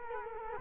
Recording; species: mosquito wingbeat signal from an infrared sensor; Culex quinquefasciatus